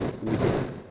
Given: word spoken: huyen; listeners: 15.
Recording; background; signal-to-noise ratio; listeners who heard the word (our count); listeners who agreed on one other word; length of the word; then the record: one Spanish word in noise, from a listening test; noise modulated by three-talker babble; -6.7 dB; 1 of 15; 8 of 15; 0.50 s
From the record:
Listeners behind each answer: 8, 1, 1, 1, 1, 1, 1, 1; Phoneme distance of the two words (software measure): 7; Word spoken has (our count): 2 syllables, 4 phonemes, stress on syllable 1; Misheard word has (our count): 2 syllables, 3 phonemes, stress on syllable 1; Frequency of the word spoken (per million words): 3.06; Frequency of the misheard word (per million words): 5.76